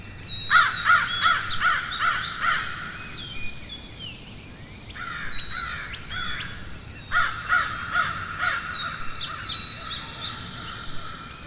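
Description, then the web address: Crows cawing in a harsh, rapid series, pausing, then another burst, with smaller birds chirping and twittering high above throughout. Forest ambience with crows and other birds chirping. "Wav Junction Sound Effects - Ambience. Ambience Forest Crows Birds Chirping"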